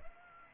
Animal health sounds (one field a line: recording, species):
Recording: mosquito wingbeat signal from an infrared sensor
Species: Aedes aegypti